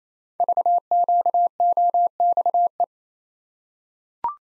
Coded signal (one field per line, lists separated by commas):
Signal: Morse code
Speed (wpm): 27 wpm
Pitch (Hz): 700 Hz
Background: none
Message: VQOXE